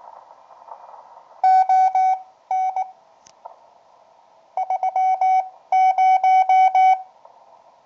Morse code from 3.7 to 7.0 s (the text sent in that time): 30